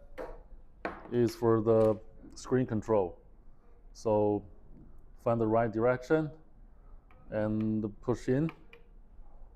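Someone talks while a plastic RJ45 Ethernet plug is lined up in the right direction to be pushed into the LED screen control port, where it should latch with a small click that shows it is good. A few faint handling taps are heard between the words, but nothing has seated or clicked yet.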